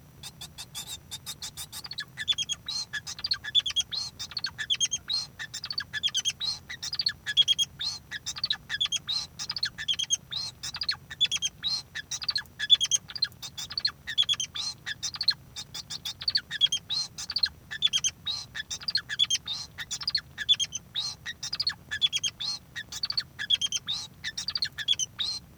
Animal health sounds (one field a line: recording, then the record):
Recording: song of a male Bengalese finch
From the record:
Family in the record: son of father 2